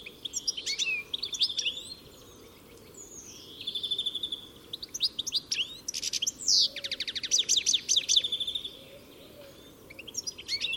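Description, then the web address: Bird calling: assorted high chirps and whistled notes, then a fast trill of rapid repeated notes, with short chirp bursts at the end. "Deverinetal. Bird Only"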